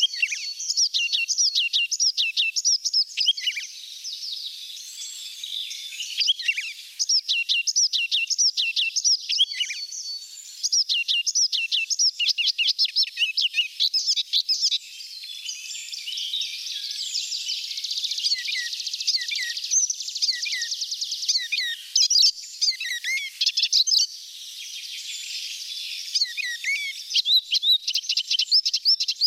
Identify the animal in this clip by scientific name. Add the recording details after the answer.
Hippolais icterina. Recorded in the wild. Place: Balaton / Hubertuspark, HU. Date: 1990-06-01. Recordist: Schwarz, Dieter. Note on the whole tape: Song